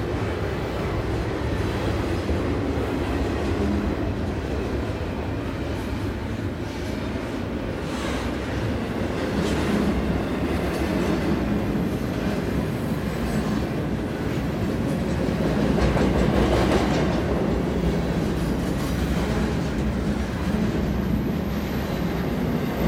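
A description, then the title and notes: A diesel freight train rolls past at medium-high speed, a dense, steady roar of rattling wagons and a rhythmic thunka-thunka from the wheels. Brief squeaks and squeals flash through around 8, 10 and 15–17 seconds, and the sound swells slightly toward the middle before easing. TRAIN - diesal - freight - pass-by left to right at med-hi speed - urban beach location - Carkeek Park in Seattle - great squeaks squeals rattles thunka-thunka.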